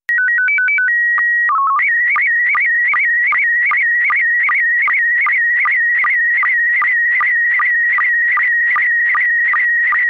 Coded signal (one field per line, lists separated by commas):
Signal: SSTV (slow-scan television)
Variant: PD 50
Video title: Daily Minutes Data - SSTV only